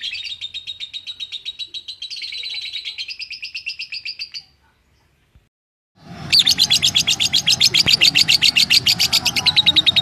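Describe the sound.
Lovebird chatter of quick, high twittering notes, a silent gap of over a second, then louder rapid chirping over a low rumbling background.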